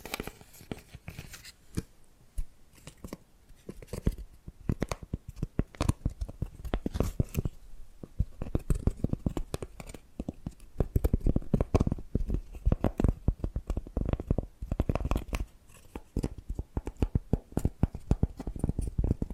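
Tapping and scratching sounds come in quick, irregular bursts of sharp clicks and rustles, growing denser and busier after the halfway point.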